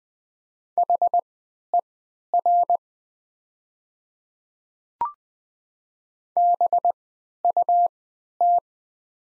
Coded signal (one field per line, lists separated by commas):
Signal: Morse code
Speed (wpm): 20 wpm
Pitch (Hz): 700 Hz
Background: none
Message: HER BUT